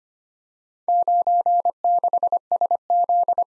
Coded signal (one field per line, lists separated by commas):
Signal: Morse code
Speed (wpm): 25 wpm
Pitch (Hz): 700 Hz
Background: none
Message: 96SZ